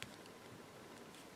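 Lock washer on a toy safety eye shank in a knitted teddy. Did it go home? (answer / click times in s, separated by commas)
no / none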